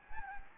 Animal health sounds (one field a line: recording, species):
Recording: mosquito wingbeat signal from an infrared sensor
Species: Anopheles gambiae